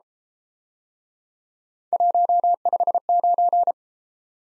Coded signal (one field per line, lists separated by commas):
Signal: Morse code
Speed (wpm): 32 wpm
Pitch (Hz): 700 Hz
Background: none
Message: 159